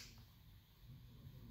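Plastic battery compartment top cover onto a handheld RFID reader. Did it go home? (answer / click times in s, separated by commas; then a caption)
no / none. A plastic battery compartment top cover is being handled on a Zebra RFD8500 handheld RFID reader, placed over the battery compartment to be slid until it locks into place. Only quiet, low handling noise is heard. Nothing has seated or clicked yet.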